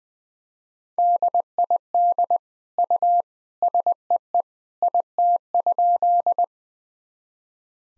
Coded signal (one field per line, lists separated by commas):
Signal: Morse code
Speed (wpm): 20 wpm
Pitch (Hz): 700 Hz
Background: none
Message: DID U SEE IT?